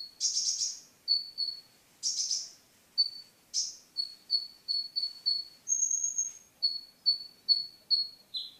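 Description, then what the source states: Sunbird song: a few buzzy bursts mixed with high, thin notes, then a run of evenly spaced sharp chips with one higher trill among them. Mountain sunbird, described as a champion songbird.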